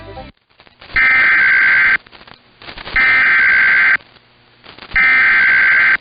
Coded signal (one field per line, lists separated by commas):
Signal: Emergency Alert System (SAME) tones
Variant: header bursts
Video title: 2 More BOU SVRs (EAS #11124-11125) 5/28/23